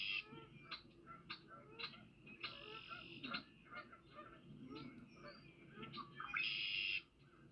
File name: Red winged Blackbird